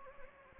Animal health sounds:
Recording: mosquito wingbeat signal from an infrared sensor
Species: Anopheles gambiae

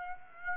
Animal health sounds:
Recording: mosquito wingbeat signal from an infrared sensor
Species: Aedes aegypti

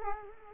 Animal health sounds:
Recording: mosquito wingbeat signal from an infrared sensor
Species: Culex quinquefasciatus

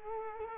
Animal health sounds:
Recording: mosquito wingbeat signal from an infrared sensor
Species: Culex quinquefasciatus

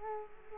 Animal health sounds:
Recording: mosquito wingbeat signal from an infrared sensor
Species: Culex quinquefasciatus

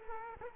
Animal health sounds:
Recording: mosquito wingbeat signal from an infrared sensor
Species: Culex quinquefasciatus

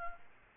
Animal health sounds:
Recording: mosquito wingbeat signal from an infrared sensor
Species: Aedes albopictus

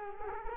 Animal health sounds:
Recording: mosquito wingbeat signal from an infrared sensor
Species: Culex quinquefasciatus

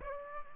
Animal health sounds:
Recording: mosquito wingbeat signal from an infrared sensor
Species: Aedes aegypti

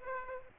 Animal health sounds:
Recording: mosquito wingbeat signal from an infrared sensor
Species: Aedes aegypti

